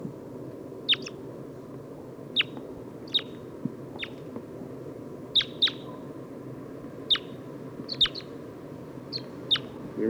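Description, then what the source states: Red Crossbill type 2 calls: crisp, high, downslurred kip notes, singly or in pairs, repeated every second or so, over a low steady hum. Individual marked 228 giving type 2 calls.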